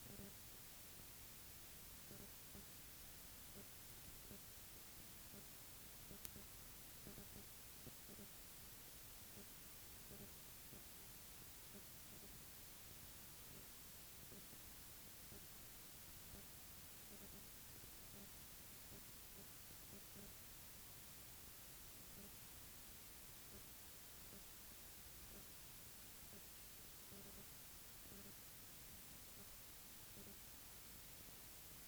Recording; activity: daily activity, guitar pickup as the sensor; stand